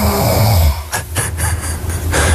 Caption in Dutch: Ik heb namelijk een app die geluiden opneemt als je die 's nachts maakt. Dit was ik rond een uurtje of 2:30. Lekker diep in slaap. Een beetje snurken.